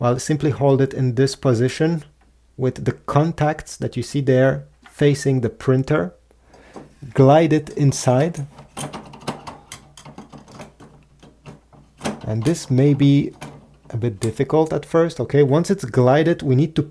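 A print head is held with its contacts facing the printer and glided into the carriage slot of an HP Smart Tank 5000 printer, lined up but not yet pushed home with a thumb. Someone talks throughout, with a quiet stretch around 9–11 s holding a few short, soft handling knocks. Nothing has seated or clicked yet.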